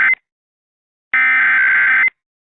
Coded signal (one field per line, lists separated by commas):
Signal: Emergency Alert System (SAME) tones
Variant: header bursts